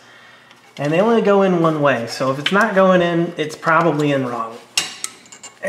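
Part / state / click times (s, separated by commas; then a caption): electrical connector onto automatic transmission sensor / seated / 4.8 s. Someone talks while pushing a second electrical connector onto an automatic transmission sensor. A sharp click at 4.8 s marks the connector seating fully, followed by a few quieter clicks.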